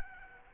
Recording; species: mosquito wingbeat signal from an infrared sensor; Aedes aegypti